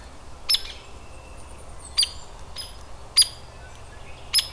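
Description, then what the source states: Hairy woodpecker giving sharp, high peek notes, four crisp calls a little over a second apart, against a quiet low background hum. Adult bird.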